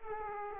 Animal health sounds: mosquito wingbeat signal from an infrared sensor; Aedes aegypti

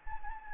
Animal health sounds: mosquito wingbeat signal from an infrared sensor; Anopheles gambiae

